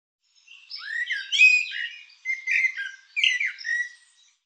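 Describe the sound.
Bird delivering three linked bouts of busy chirping and sliding, squeaky notes over about four seconds, with slight breaks between them.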